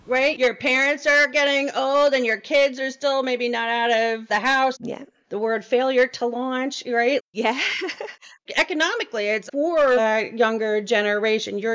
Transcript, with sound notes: Your parents are getting old, and your kids are still maybe not out of the house,, or the word failure to launch, right?. (laughs, yeah) Economically it’s for the younger generation.